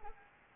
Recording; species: mosquito wingbeat signal from an infrared sensor; Anopheles arabiensis